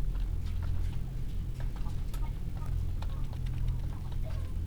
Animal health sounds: poultry house recording; healthy chickens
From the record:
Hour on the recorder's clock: 15

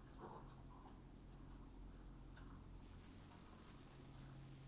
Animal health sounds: poultry house recording; healthy chickens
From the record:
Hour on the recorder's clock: 21

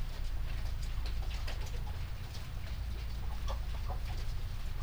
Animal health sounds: poultry house recording; healthy chickens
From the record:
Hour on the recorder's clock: 21

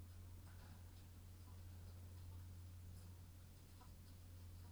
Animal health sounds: poultry house recording; sick chickens (respiratory disease)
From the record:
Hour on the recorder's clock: 21

